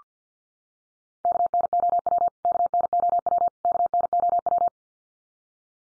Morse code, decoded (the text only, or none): KNOW KNOW KNOW